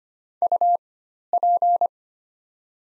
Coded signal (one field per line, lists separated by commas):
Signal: Morse code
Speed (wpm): 25 wpm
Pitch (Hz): 700 Hz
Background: none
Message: UP